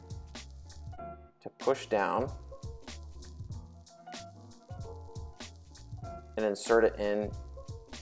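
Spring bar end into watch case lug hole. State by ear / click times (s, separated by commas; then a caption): not seated / none. The fork of a spring bar tool pushes down the second end of a spring-loaded steel spring bar and guides it toward the lug hole of a watch case to attach a strap, with faint small handling ticks under music while someone talks. The clip ends just before the bar goes home, and nothing has snapped or clicked into the lug hole yet.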